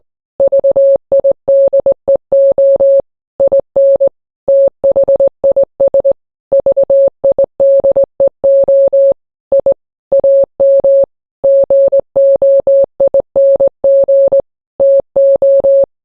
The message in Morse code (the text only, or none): VIDEO IN THIS VIDEO I AM GOING TO